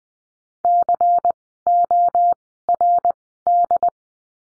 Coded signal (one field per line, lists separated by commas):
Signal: Morse code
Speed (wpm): 20 wpm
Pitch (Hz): 700 Hz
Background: none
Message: CORD